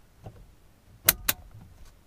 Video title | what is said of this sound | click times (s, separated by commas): Broken Cruise Control and Entertainment Controls - 2014 Ford Explorer - Clock Spring Replacement | All right, so that two click with that two springs on either side, and now we're | 1.1 s, 1.3 s